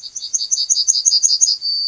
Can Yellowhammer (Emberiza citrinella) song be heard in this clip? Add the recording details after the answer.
yes. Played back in grassland. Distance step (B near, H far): B. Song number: 140